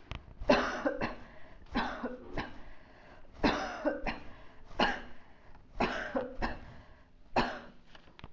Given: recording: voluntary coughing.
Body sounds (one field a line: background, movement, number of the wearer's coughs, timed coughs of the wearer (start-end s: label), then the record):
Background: quiet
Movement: sitting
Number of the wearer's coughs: 10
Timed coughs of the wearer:
0.47-0.90 s: cough
0.99-1.32 s: cough
1.73-2.23 s: cough
2.35-2.71 s: cough
3.41-3.94 s: cough
4.04-4.35 s: cough
4.77-5.09 s: cough
5.78-6.28 s: cough
6.40-6.64 s: cough
7.34-7.67 s: cough
From the record:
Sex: female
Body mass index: 22.6 kg/m2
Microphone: on the chest, facing outward